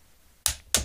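A torque wrench set to 10 Nm tightens an M6 screw, with a small drop of thread glue, on the engine of a Booster Rocket moped fitted with an Athena 70cc kit. A sharp metallic click of the wrench reaching its setting sounds at 0.5 s, followed by a second similar click at 0.8 s. The screw is now tightened to the correct torque.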